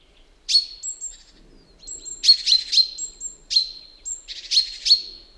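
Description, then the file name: Common chaffinch calls: loud, sharp high chips with drawn-out tails, often in quick pairs or triplets, alternating with thin higher notes, in a quiet background. "Fringilla coelebs"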